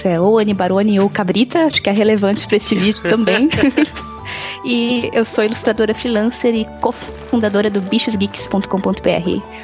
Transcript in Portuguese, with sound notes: é ou Anne Barone ou Cabrita, acho que é relevante para este vídeo também, [risos] e eu sou ilustradora freelancer e cofundadora do bichosgeeks.com.br.